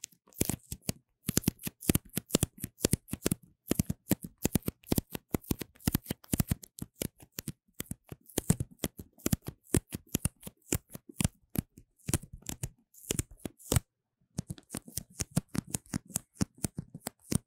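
Paper tape is handled and pressed onto a microphone, producing a dense run of dry, papery crackles and sharp taps. The clicks come fast and irregular throughout, with brief pauses near 3.5 and 14 seconds, and nothing else underneath.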